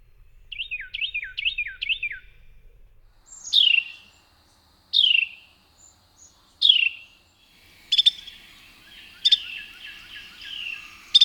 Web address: Songs of Birds of North America Know Your Bird Sounds. Carolina Wren